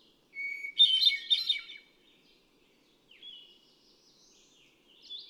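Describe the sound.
Hermit thrush song, a steady opening whistle leading into fluty, ringing trills, followed by quieter phrases.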